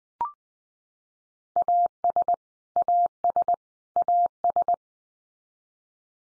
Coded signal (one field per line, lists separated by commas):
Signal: Morse code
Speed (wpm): 20 wpm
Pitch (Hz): 700 Hz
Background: none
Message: AS AS AS